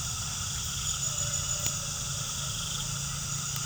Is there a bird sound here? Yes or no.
no